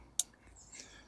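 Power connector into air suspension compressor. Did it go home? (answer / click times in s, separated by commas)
yes / 0.2 s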